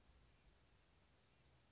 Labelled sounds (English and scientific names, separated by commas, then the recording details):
Blue-gray Gnatcatcher (Polioptila caerulea)
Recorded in Sonoma County, California